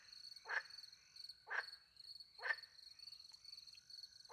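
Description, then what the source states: Frog uttering loud rasping croaks roughly once a second, three full calls and the start of another, with crickets chirring steadily. Recorded by night in the French countryside beside a little pond, with crickets; microphones hidden in a tree near the pond; two Usi Pro microphones into a MixPre-10 II recorder.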